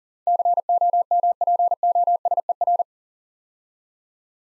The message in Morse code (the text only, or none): COMPOSER